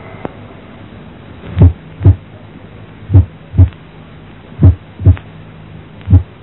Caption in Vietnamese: Trong trường hợp phân ly nhĩ thất, làm cho nhĩ và thất co không đồng bộ nên cường độ tiếng thứ nhất rất khác nhau.